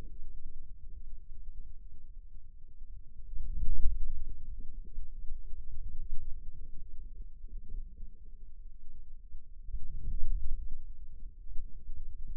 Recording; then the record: forearm muscle sounds (acoustic myography)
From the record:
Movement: outward rotation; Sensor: system 2, bracelet of six BSWA MPA416 microphones around the upper forearm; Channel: 2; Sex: male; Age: 22 years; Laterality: right